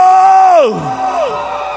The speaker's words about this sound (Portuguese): Pra você que tem celular aí, começa a gravar. Quem é do Flamengo, dá um grito!